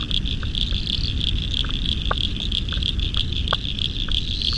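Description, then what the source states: Frog chorus: several scattered clicking notes over a steady high trill and a persistent low rumbling background. Spring frog chorus at dusk beside the South Pacific Ocean, Royal National Park, Australia, November 2015.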